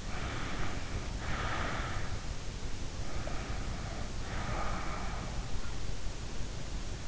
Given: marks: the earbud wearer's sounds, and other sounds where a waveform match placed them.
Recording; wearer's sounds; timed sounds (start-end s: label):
sounds in sleep by an in-ear microphone; breath
0.17-1.86 s: breath
3.00-5.65 s: breath